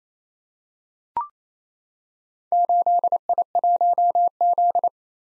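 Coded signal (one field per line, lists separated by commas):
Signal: Morse code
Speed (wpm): 28 wpm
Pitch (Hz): 700 Hz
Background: none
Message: 8I1Z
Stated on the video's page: Four-character random letter-number practice groups at 28 wpm, each sent in Morse, spoken, then sent again, for head-copy training.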